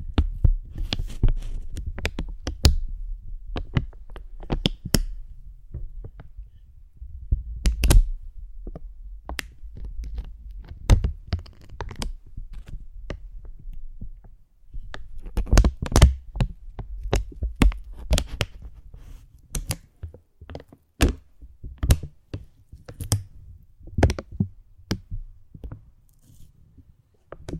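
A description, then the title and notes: Slow, gentle crinkling, heard as scattered soft crackles and sharp ticks rather than a steady rustle. The crinkles come in loose clusters with quiet gaps, busiest around the middle and toward the end, over a faint low thumping rumble underneath. ASMR Slow & Gentle Crinkle Triggers. (No Talking).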